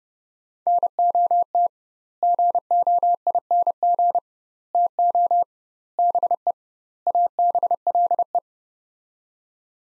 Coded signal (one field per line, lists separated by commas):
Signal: Morse code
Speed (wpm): 30 wpm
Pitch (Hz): 700 Hz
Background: none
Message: NOT GOING TO BE ABLE